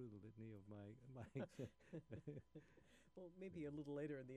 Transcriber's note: both laughing